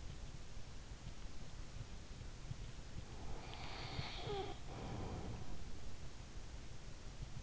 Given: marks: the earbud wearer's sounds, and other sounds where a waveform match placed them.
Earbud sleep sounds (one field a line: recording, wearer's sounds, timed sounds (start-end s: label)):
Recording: sounds in sleep by an in-ear microphone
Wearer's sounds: breath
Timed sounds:
2.85-6.08 s: breath